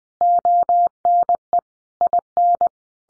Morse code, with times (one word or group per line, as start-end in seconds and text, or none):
0.2-1.6 ONE
2.0-2.7 IN